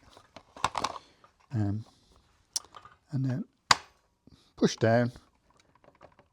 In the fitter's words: and you'll hear it click into place.